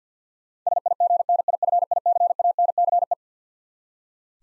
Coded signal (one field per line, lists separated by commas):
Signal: Morse code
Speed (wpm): 45 wpm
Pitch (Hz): 700 Hz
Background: none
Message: SIGNIFICANCE